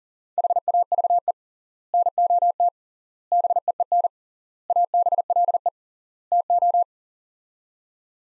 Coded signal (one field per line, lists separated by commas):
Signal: Morse code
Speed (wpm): 37 wpm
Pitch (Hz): 700 Hz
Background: none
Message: HAVE NOT BEEN ABLE TO